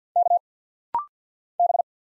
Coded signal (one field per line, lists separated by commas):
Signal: Morse code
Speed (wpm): 50 wpm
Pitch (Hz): 700 Hz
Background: none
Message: K B